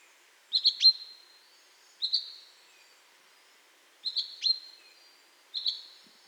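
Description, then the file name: Common chaffinch calls, sharp high clipped notes given in doubles and triples, four bursts about every one and a half to two seconds against near silence. "Fringilla coelebs"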